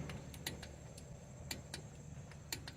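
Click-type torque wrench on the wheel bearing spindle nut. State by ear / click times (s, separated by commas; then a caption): torque reached / 0.5 s, 1.5 s, 1.7 s, 2.5 s, 2.7 s. A click-type torque wrench set to 21 lb tightens the front wheel bearing spindle nut on the other wheel of a Ford E350 van. Sharp, bright clicks sound at 0.5, 1.5, 1.7, 2.5 and 2.7 seconds over a low steady hum. Each click shows the nut has reached the 21 lb setting.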